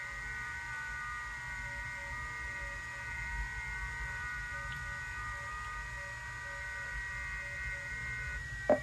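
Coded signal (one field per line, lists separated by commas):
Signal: FT8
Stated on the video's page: FT8 operated with the QLOG program.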